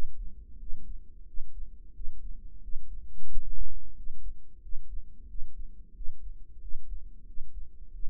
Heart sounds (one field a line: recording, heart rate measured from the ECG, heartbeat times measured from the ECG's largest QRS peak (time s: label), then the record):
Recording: heart sounds by microphone in the right ear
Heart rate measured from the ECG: 90 bpm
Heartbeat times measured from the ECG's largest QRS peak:
0.60 s: heartbeat
1.27 s: heartbeat
1.95 s: heartbeat
2.63 s: heartbeat
3.30 s: heartbeat
3.97 s: heartbeat
4.63 s: heartbeat
5.29 s: heartbeat
5.96 s: heartbeat
6.62 s: heartbeat
7.27 s: heartbeat
7.93 s: heartbeat
From the record:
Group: healthy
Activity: rest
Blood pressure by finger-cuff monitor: 138/84 mmHg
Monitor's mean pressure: 102 mmHg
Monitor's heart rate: 88 bpm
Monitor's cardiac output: 7.3 L/min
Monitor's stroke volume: 83 mL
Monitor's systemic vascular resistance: 1020 dyn s/cm5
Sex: male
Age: 21 years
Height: 175 cm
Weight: 72.6 kg